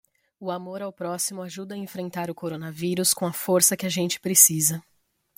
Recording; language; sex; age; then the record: spoken sentence; Brazilian Portuguese; female; 30 to 39 years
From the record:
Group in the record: control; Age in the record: 30 years